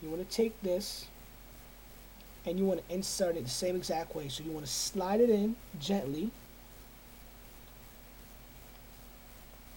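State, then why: Not seated. A second laptop memory module is slid gently into the memory slot and lined up, not yet pressed down. Someone talks for most of the first six seconds, then only a quiet, steady background remains. Nothing has seated or clicked yet.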